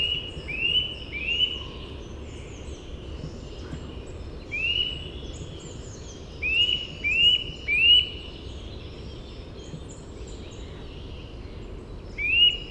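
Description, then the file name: Eurasian nuthatch giving several rising whistled call notes at irregular intervals, over steady background hiss and faint high bird notes. "Sitta europaea"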